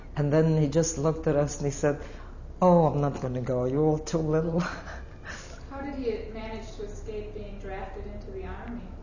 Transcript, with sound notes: And then he just looked at us and he said, "Oh, I'm not gonna go, you're all too little." (She laughs.)
How did he manage to escape being drafted into the army?